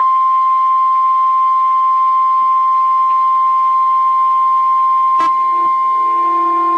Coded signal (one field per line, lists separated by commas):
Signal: Emergency Alert System (SAME) tones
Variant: 1050 Hz attention tone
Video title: Xtreme Mayhem 6...EAS Alerts From March 18, 2021 (EAS #888-904)